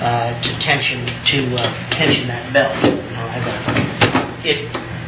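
Someone talks while handling the belt tensioning latch on a Shopsmith SS112 belt sander, tensioning the sander belt, with scattered light metallic knocks and rattles throughout. Nothing has seated or clicked yet.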